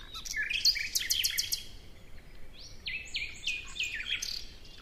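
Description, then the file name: Common nightingale song: a burst of sharp, high clicking notes followed by a run of short, even, flat-topped whistled notes, over steady background hiss. "Luscinia megarhynchos"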